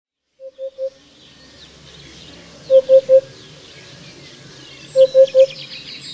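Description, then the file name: Eurasian hoopoe song: three sets of low three-note hoots about two seconds apart, with quiet chirping from other birds. "Dudek"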